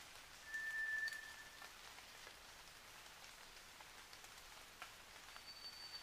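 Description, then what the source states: White's thrush song: a lone low, flat whistle, then a faint higher note at the end, heard over steady rainfall. At night, 29 June 2009, 23:14.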